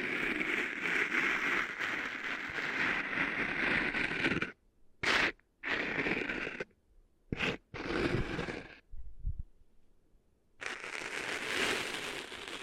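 Sand being cleaned out of an ear makes a dense, crackling rustle that fills the first four and a half seconds. Then it breaks into short bursts separated by near silence, with a faint low thump around nine seconds, before the steady scratchy rustling resumes from about ten and a half seconds.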